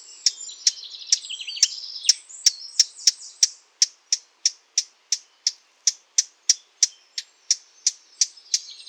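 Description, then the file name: Eurasian blackcap calls: a steady series of sharp dry ticks, with jumbled twittering in the first few seconds. "Sylvia atricapilla"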